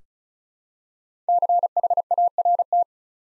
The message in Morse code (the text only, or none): CHART